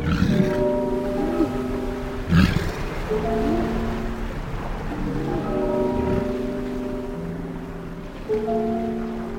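Walruses vocalizing in a steady series of deep, droning bellows and moans, overlapping and rising and falling in pitch, with a couple of brief harsh bursts and a constant rough background wash.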